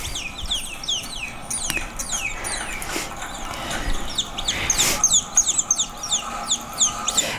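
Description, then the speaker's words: Naked mole-rats chirping: many short, high, downward-sweeping chirps repeated rapidly and overlapping. Lab colony; played from a video during a lecture. "And then here you're going to hear some naked mole rats."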